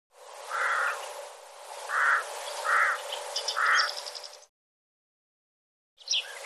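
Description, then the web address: Bird calls: four short, hoarse notes with faint higher chirps behind, then silence and a brief fragment near the end. "cianscape birddata Deverinetal"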